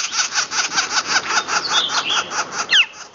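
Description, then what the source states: Northern Flicker giving harsh, rasping notes in a quick uneven series, with a few brief squeaky slurred sounds in the second half. Juvenile calling from the ground, just leaving the nest at this time of year; young fledge at 3 or 4 weeks old.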